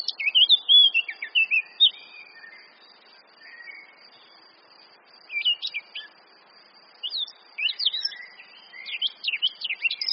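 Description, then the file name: Eurasian blackcap song in three separate phrases: a loud opening warble with fluty notes, then, after a pause, two bursts of sharp rising and falling twitters. "Sylvia atricapilla"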